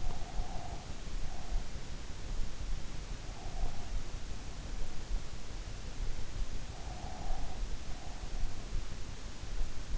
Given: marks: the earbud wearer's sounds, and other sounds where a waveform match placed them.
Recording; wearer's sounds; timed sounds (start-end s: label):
sounds in sleep by an in-ear microphone; breath
0.00-1.94 s: breath
3.16-4.91 s: breath
6.78-8.53 s: breath